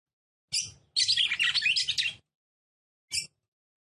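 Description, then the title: Red-cowled cardinal song: a brief high chirp, then a rapid, busy warbled phrase of about a second, with a short chirp after a pause. Female song, described as fiery and nervous, said to quickly arouse and excite a male. "CANTO DA FÊ MEA GALO CAMPINA FOGOSA LEVANTA FOGOESQUENTA GALO CAMPINA MACHO RAPIDINHO FÊ MEA NERVOSA"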